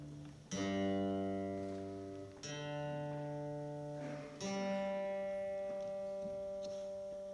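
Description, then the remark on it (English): A musician tuning an acoustic guitar at a live concert in London: three strummed chords, each ringing out and slowly fading before the next strum, with no voices. “Bit more tuning.”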